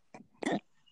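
A faint brief catch followed by a louder abrupt voiced burst, a hiccup in an adult man who has had the hiccups for an hour and a half.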